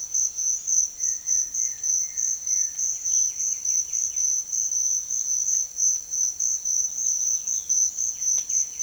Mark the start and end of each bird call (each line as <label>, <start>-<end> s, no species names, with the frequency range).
bird call (1.0-2.8 kHz), 0.84-2.77 s
bird call (1.6-3.9 kHz), 3.04-4.36 s
bird call (1.1-4.6 kHz), 6.93-8.82 s